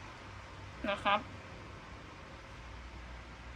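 A plastic part of a transforming robot toy figure, a Transformers Studio Series 56 Shockwave, is being worked toward its lock position in its mating slot. Someone talks briefly around 0.8–1.2 s over a steady low background hiss. The clip ends before the part goes home, and nothing has seated or clicked yet.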